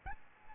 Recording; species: mosquito wingbeat signal from an infrared sensor; Aedes albopictus